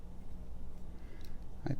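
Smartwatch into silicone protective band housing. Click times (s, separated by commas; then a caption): 1.7 s. A smartwatch is pressed into a one-piece silicone protective case and band, lined up with the cutouts. Low handling rustle runs through the clip, with a faint tick at 1.2 s. At 1.7 s a short, muffled snap is heard as the watch seats in the case.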